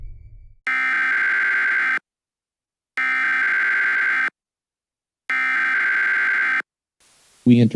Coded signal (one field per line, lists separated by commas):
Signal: Emergency Alert System (SAME) tones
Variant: header bursts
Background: speech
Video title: EAS Scenario: Cold Infected Aliens